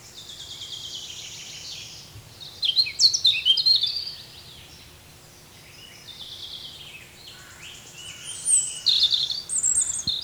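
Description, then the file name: European robin singing two separate phrases of high, sparkling, warbled notes and short trills, with a quiet pause of several seconds between them and faint background hiss. "Erithacus rubecula"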